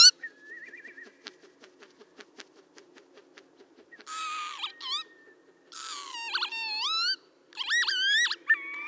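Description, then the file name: Northern lapwing calls: after several seconds of faint ticking, a burst of harsh, wavering whistled notes with slurred, bending pitch, repeated in loud clusters through the second half. "Vanneau-huppé"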